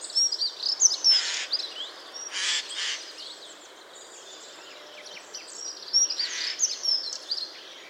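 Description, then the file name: Eurasian jay making rough, scratchy screech bursts in two groups, mixed with sharp thin whistles and chips. "Garrulus glandarius"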